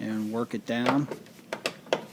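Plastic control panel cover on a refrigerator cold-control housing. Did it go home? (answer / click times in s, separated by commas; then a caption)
yes / 1.7 s. Someone talks while fitting the plastic control panel cover onto the cold-control housing of a Whirlpool Gold refrigerator, setting the bottom edge in first and then working it down. After the talking, short sharp knocks come at about 1.5 s and 1.9 s, and the cover snaps into place with a click at 1.7 s. The cover is seated.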